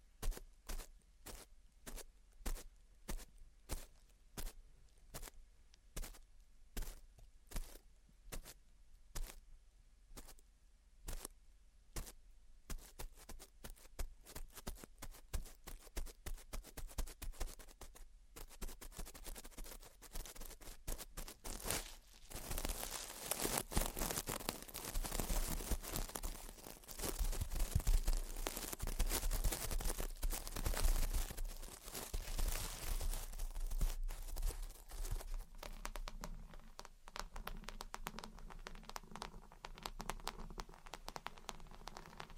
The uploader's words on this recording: Gentle Tapping and Scratching. (No Talking).